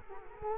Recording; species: mosquito wingbeat signal from an infrared sensor; Culex quinquefasciatus